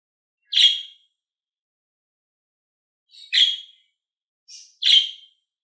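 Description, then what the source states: Lovebird making three rasping, shrill screeches, the later ones preceded by short softer notes. Described as a happy lovebird.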